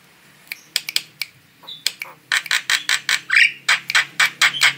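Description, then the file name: Starling song: dense, harsh chattering phrases with raspy squeals, repeated almost continuously over a faint low hum. Female bird. "suara burung jalak betina"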